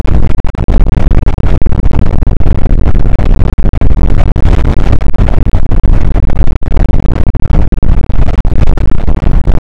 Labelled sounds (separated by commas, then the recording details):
wind
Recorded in the Prudhoe Bay oil fields, Alaska, on 8 May 2019 at 00:02
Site 24